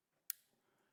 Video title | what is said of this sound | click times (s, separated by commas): Weidmüller L’avenir du montage d'armoires électriques // EM Industrie Webinaire 26.08.2025 | J'ai à nouveau mon clic sonore et ma connexion est à nouveau effectuée de manière sûre | 0.3 s